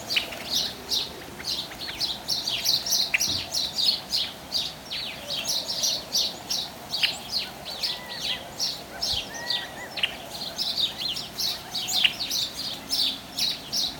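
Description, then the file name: House sparrow chirps, a dense, steady chatter of short harsh notes repeated several times a second throughout, with a few thin lower notes mixed in. "Passer domesticus"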